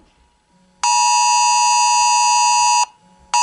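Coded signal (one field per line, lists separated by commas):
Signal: Emergency Alert System (SAME) tones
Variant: 853 and 960 Hz attention tone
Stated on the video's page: Real New Zealand mobile emergency alert sent to phones nationwide for a Coronavirus Alert Level 4 lockdown.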